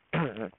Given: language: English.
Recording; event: throat vibration sensor signal played as sound; throat clearing